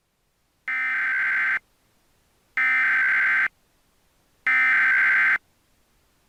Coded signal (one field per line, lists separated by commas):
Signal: Emergency Alert System (SAME) tones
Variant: header bursts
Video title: EAS Scenario - The Blob